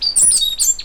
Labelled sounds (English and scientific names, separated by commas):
Stitchbird (Notiomystis cincta) song